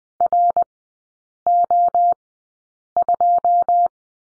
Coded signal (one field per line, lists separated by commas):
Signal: Morse code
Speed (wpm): 20 wpm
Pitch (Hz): 700 Hz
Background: none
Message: RO2